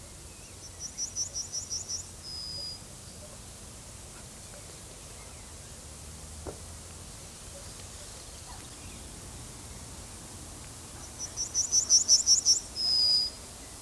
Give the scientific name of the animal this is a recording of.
Emberiza citrinella